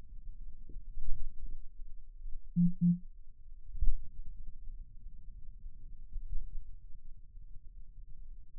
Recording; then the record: forearm muscle sounds (acoustic myography)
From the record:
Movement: finger pinch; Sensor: system 2, bracelet of six BSWA MPA416 microphones around the upper forearm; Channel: 6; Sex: male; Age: 22 years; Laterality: right